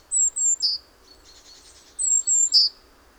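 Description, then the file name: Great tit call: two high, thin, slurred notes and a short emphatic lower note, given twice with a faint buzzy sound between. "Parus major"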